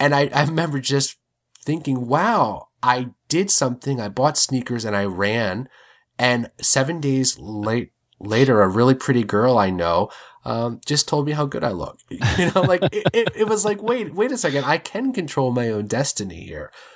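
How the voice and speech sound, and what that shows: A man speaks in a conversational voice, mostly fluently, with a sound repetition on "it-it-it" and a repeated "wait a, wait a". Brief stretched sounds and short pauses also occur. These are mild stuttering disfluencies.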